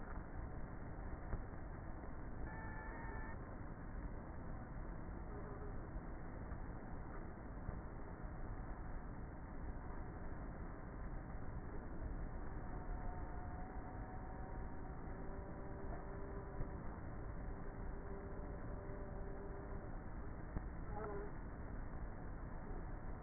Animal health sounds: honeybee colony, microphone inside the hive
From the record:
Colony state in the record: queenless with a low population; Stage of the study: before two queens were removed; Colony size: about 30,000 bees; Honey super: no

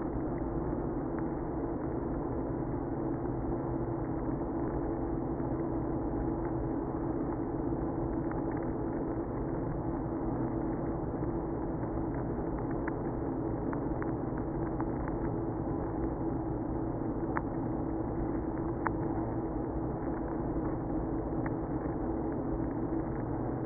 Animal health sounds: honeybee colony, microphone inside the hive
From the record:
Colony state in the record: queenless (queen removed); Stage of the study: after two queens were removed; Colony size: about 60,000 bees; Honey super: yes

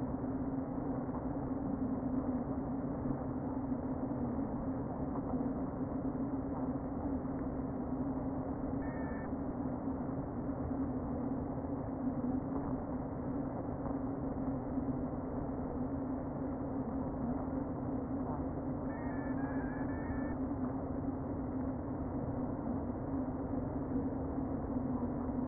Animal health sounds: honeybee colony, microphone inside the hive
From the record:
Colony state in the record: queen present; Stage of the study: before two queens were removed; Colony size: about 60,000 bees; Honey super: yes

